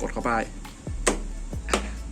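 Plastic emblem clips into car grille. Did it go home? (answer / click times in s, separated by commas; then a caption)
yes / 1.1 s, 1.7 s. A replacement plastic emblem on a 2007–2012 Toyota Vios Gen 2 is fitted from the front into the car's grille or body and pressed in by finger while someone talks. Two sharp clicks are heard at 1.1 s and 1.7 s as the emblem clips snap home and lock in place.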